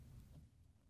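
A washer control console from a Whirlpool/KitchenAid/Maytag machine (electronic control board WPW10197864) is being handled on the washer top, its feet lined up in their openings before it is pushed toward the back to lock. Only a low, steady rumble with faint handling noise is heard. Nothing has seated or clicked yet.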